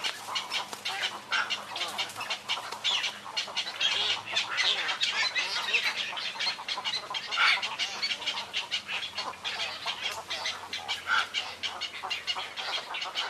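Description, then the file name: Cattle egrets in a dense, unbroken chorus, many hoarse squawks and clucking croaks layered over one another. "黃頭鷺"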